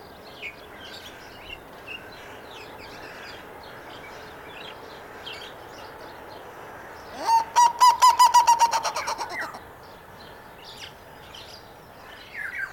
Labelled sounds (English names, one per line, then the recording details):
Black-legged Seriema call
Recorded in captivity
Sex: male
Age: adult
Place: Zoo Berlin, Berlin, DE
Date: 1997-03-04 12:15
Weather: heiter, 10 bis 12°C
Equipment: Nagra SN, Kopie Uher 4000 Report Monitor
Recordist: Tembrock, Günter